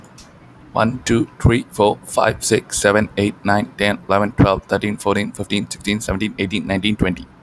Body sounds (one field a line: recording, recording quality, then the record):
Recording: counting at a fast pace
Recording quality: excellent, no background noise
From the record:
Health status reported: recovered from COVID-19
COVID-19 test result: positive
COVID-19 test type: RT-PCR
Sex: male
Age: 22 years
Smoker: no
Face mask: not worn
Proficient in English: yes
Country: India